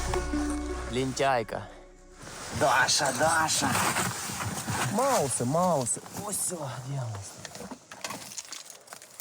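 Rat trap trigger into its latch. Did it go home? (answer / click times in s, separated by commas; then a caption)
no / none. A soldier sets a rat trap in a trench, handling the bait part and trigger toward the trap's latch while someone talks. A few short, light taps of handling come near the end, around 8.1 to 9.2 seconds. Nothing has seated or clicked yet.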